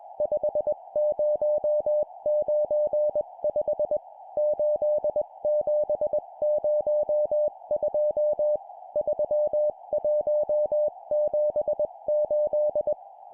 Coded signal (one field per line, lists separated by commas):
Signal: Morse code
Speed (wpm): 21 wpm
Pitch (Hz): 600 Hz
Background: music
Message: 5095 8702 3178